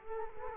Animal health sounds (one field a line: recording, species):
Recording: mosquito wingbeat signal from an infrared sensor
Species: Culex quinquefasciatus